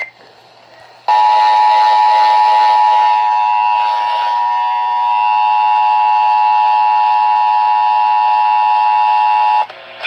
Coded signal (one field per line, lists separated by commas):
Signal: Emergency Alert System (SAME) tones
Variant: 853 and 960 Hz attention tone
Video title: A CURSED WEATHER EVENT... EAS Alerts from 8/6/20 (EAS #4,842 - 4,888)